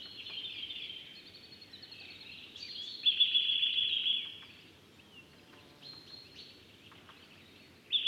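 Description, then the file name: Eurasian nuthatch giving rapid high trills, the clearest a loud one-second run midway, with fainter trilled notes before and after over a low steady background hiss. "Sitta europaea"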